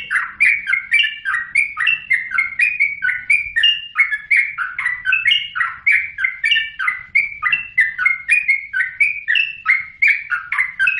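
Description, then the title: Oriental magpie-robin song: a rapid chattering stream of short slurred notes, with faint high ticks above, running steadily throughout. "Kicau Kacer"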